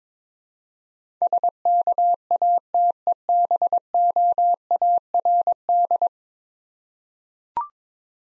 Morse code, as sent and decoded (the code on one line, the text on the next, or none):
... -.- .- - . -... --- .- .-. -..
SKATEBOARD